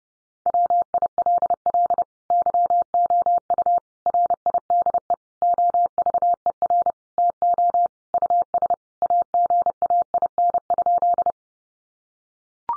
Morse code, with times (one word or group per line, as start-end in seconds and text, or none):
0.5-2.0 WILL
2.3-3.8 YOU
4.1-5.1 RIDE
5.4-6.9 OVER
7.2-7.9 TO
8.1-8.7 US
9.0-11.3 AGAIN?